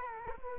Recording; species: mosquito wingbeat signal from an infrared sensor; Culex quinquefasciatus